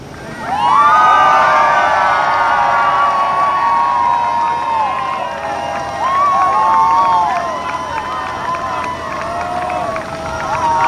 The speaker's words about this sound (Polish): Tak się rzeczywiście gorąco zrobiło bardzo na tym lotnisku, kiedy głośno zareagowali właśnie ci, których podejrzewa się to, że w strojach krakowskich, bo rzeczywiście tak troszeczkę emocjonalnie.